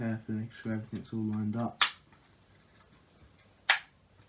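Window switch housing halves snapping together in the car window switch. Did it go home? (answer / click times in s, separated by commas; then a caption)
yes / 3.7 s. Someone talks while lining up the plastic parts and buttons of a car window switch housing from an Alfa Romeo Brera, Spider or 159, and a brief sharp sound comes near 1.8 s. The housing halves are pressed together and snap with one loud, sharp click at 3.7 s, showing the switch housing is seated and back together.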